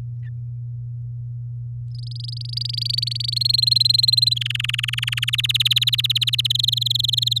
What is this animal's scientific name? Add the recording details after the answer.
Serinus canaria. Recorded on 9 May 2018 at 05:58. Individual llb16